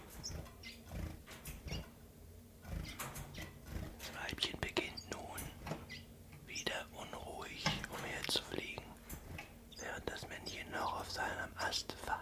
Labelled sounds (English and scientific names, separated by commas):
Common Chiffchaff (Phylloscopus collybita)